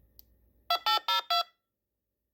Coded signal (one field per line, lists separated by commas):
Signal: DTMF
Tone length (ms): 120 ms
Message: 2802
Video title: TalkPod A36plus GMRS Radios In Green That were sent to Me For Testing There are issues Fixed Video 4